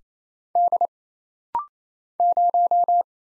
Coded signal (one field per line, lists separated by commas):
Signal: Morse code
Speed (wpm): 27 wpm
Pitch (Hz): 700 Hz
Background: none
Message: D 0